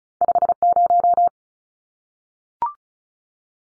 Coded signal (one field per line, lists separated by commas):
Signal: Morse code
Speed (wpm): 34 wpm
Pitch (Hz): 700 Hz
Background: none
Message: 50